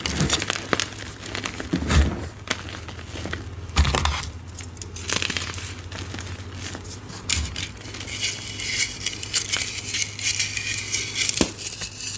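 Dyed gym chalk is crushed, giving a dense run of dry crackles and crisp snaps that never fully stops. Sharper crunching bursts land near 2, 4, 5, 7.5 and 11.5 seconds, and a low steady hum sits beneath the whole clip.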